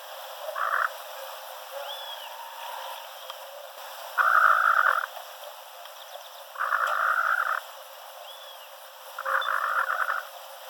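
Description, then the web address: Mangrove rail giving four harsh, rapidly pulsed chattering bursts, mostly about a second long and a few seconds apart, with a faint thin whistle between bursts. "Mangrove rail. یلوه-حرا"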